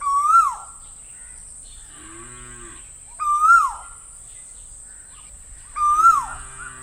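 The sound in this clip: Bird calls, three loud rising-then-falling harmonic notes spaced about three seconds apart, with a low droning sound between the first two.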